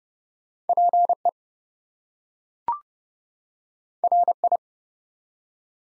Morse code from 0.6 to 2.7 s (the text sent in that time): PE